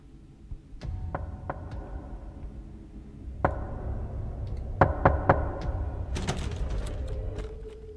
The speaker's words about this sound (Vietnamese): Huyền nghe thấy là có tiếng gõ cửa vang lên ở bên ngoài. Huyền tắt vòi nước để lắng nghe cho rõ hơn. Thì đúng thật là tiếng gõ cửa.